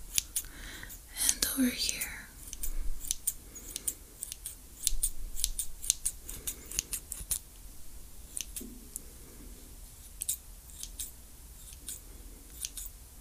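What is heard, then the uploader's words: Scissors snip repeatedly, each cut a sharp, bright click, coming in quick bursts about every half second. Near the start a brief, higher rasping flurry stands out, and soft low thuds of handling sit underneath throughout. Plucking, cord cutting and scissors.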